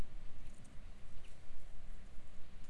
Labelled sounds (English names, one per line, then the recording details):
Common Chaffinch
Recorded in Germany
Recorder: ecoPi